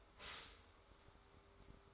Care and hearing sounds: daily activity, microphone in the room; stop toaster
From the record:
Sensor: 3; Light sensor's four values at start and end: 4/10/3/4 and 4/10/3/4

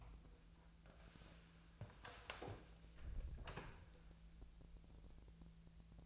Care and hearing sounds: daily activity, microphone in the room; close door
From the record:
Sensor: 2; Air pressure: 1000.3 hPa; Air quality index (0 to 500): 168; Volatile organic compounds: 3 ppm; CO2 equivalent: 1393 ppm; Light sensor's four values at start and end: 11/26/11/12 and 11/25/11/12

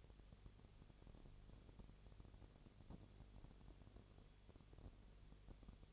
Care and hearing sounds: daily activity, microphone in the room; no activity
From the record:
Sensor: 4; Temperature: 22.7 degrees Celsius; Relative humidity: 32.0%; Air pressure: 1008.1 hPa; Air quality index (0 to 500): 114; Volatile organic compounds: 2 ppm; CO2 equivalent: 1105 ppm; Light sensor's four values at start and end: 2/3/1/1 and 2/3/1/1

